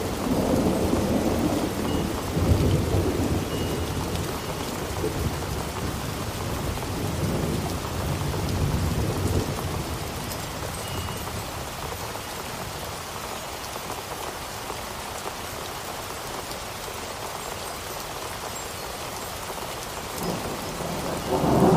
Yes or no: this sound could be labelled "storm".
yes